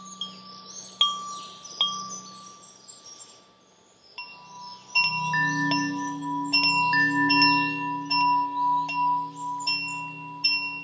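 A wind chime rings with clear, bright metallic tones, struck in sparse clusters that sustain and overlap. It is sparse in the first four seconds with a brief near-silence, then the strikes come more often, leaving a soft low hum of lingering resonance underneath.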